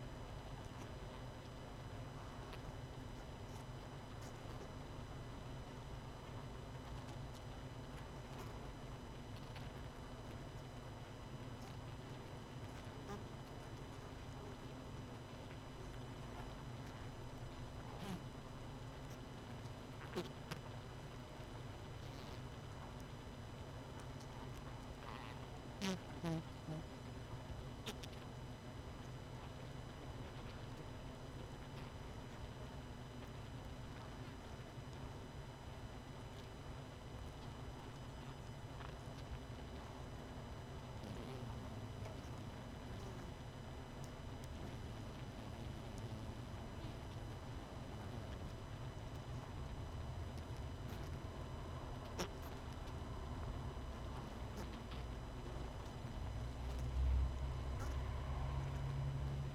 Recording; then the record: honeybee colony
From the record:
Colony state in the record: missing queen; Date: 31 May 2018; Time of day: 19:34